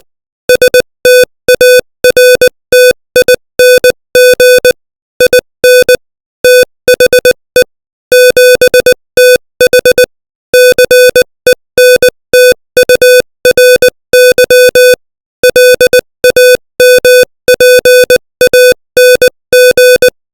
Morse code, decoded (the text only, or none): STARTING IN THE 7TH CENTURY LAMPANG